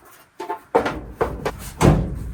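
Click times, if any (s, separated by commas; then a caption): none. A furnace humidifier's plastic cover is handled against the humidifier housing as it is refitted after cleaning. Sharp knocks and taps are heard at about 0.5, 0.8, 1.2 and 1.5 seconds, with a heavier, broader bump near 1.8 seconds. Nothing has seated or clicked into place yet.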